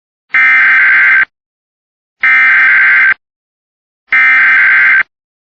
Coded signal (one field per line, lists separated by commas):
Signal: Emergency Alert System (SAME) tones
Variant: header bursts